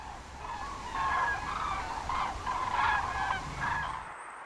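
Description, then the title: Common cranes in a dense chorus of rolling, trumpeting calls, many birds overlapping in repeated bursts throughout. Thousands of cranes gathered at the Pramort. "Crane watching at the Pramort"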